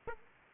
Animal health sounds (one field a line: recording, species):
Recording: mosquito wingbeat signal from an infrared sensor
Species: Aedes aegypti